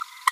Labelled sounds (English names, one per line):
Green-rumped Parrotlet babbling